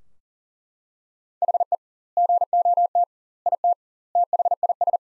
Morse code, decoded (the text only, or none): HE GOT IT THIS